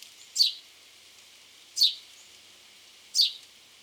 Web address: SETE data Passer domesticus